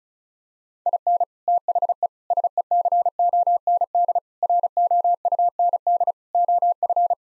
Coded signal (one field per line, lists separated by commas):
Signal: Morse code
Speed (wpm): 34 wpm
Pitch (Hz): 700 Hz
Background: none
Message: IN THE SECOND ROUND OF